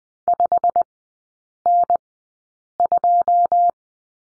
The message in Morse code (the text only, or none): 5N2